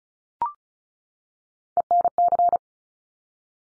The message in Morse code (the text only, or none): ENC